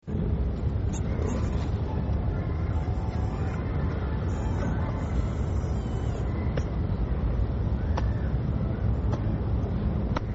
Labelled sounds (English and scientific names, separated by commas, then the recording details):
Indian Muntjac (Muntiacus muntjak)
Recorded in captivity
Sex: female
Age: adult
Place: Zoo Dresden, Sachsen, DE
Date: 1961-10-27 16:45
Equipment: Minifon, Kopie Smaragd
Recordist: Tembrock, Günter